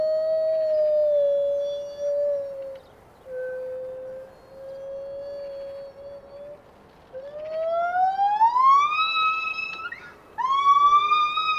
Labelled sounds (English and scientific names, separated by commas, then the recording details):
Lar Gibbon (Hylobates lar)
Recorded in captivity
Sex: pair
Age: adult
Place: Tierpark Berlin, Berlin, DE
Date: 1987-12-25
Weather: heiter, -1°C, windstill
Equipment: 19 cm Stereo
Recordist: Tembrock, Günter